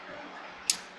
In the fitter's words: So when you twist it, you hear a click. It closes the vent so no air comes out.